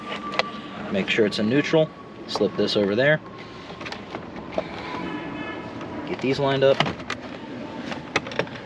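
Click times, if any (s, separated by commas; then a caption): 8.2 s. A shifter console trim piece is lined up around the shift lever and pressed into the center console while someone talks, with soft plastic handling sounds and a steady faint hum. It clicks into place with a sharp snap at 8.2 seconds, and the piece is seated.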